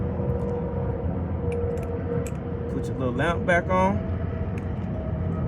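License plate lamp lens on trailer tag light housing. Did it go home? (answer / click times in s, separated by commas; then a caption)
yes / 4.6 s. After a 631 bulb is replaced, the plastic lamp lens of a Big Tex trailer's license plate tag light is pushed back onto its housing and snaps into place at 4.6 s. Someone talks over a steady low hum before the lens snaps in, and the lens ends up seated.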